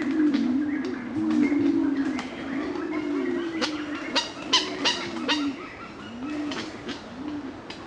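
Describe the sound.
Pied imperial pigeon deep cooing, a low drawn-out series, overlaid by sharp clicks and knocks in the middle.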